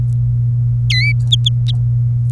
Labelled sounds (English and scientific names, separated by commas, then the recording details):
Domestic Canary (Serinus canaria) song
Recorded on 26 April 2018 at 18:19
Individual llb3